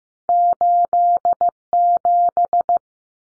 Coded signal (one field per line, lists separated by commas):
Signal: Morse code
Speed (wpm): 15 wpm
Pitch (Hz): 700 Hz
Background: none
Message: 87